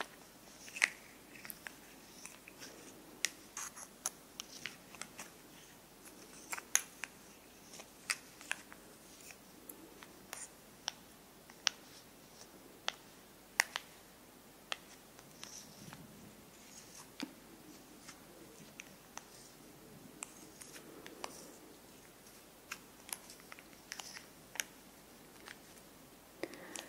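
Soft brushing over skin, dotted with frequent sharp little clicks and taps throughout, with faint low murmurs.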